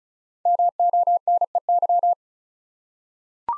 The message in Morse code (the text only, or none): MONEY